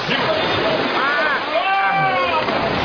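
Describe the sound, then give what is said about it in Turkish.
A man falls from a boat into rough, stormy sea water with a heavy splash, the steady roar of waves filling the whole stretch while raised voices cry out over the noise. “Rutnes denize düştü.”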